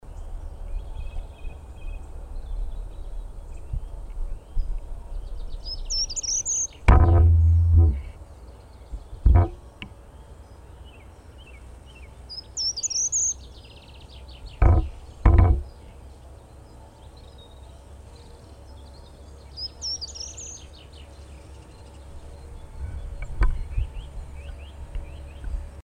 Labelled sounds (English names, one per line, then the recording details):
Song Thrush
Common Chaffinch
Short-toed Treecreeper
Great Tit
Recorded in the wild
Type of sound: song, call
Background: Fringilla coelebs, Certhia brachydactyla, Parus major
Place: Freiburg, Baden-Württemberg, DE
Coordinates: 47.9842, 7.87667
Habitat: park
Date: 1960-03-24
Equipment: Vollspur
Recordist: Thielcke, Gerhard
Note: Freiburg, Möslepark, daneben Buchfink, Gartenbaumläufer und Kohlmeise, Kirchenglocken